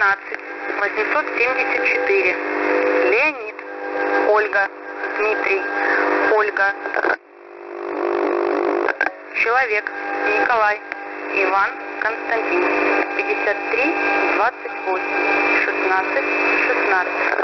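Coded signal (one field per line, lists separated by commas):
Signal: coded military voice message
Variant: Russian, The Pip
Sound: russian male voice spelling a callsign with phonetic names, then number groups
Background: radio static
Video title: The Pip sub FRQ Voice Message February 26, 2021 11:39 UTC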